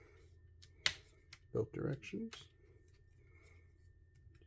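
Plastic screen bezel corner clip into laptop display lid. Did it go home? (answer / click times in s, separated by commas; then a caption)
yes / 0.9 s. The corner of the plastic screen bezel on an MSI Delta 15 A5EFK laptop is pressed so its clip snaps into the display lid, giving a sharp snap at 0.9 s between fainter ticks at 0.6 s and 1.3 s. Someone talks afterward, and the corner clip is seated.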